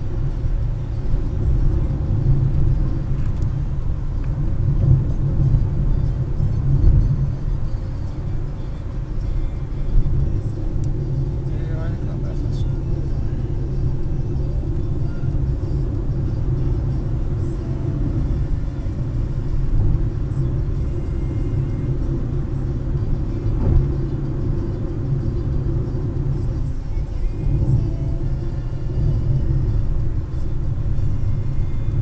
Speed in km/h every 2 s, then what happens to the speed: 111, 104, 102, 101, 103, 102, 100, 99, 98, 99, 101, 103, 102, 99, 98, 98.
0-3 slows to 102. 3-32 steady at about 100.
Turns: none.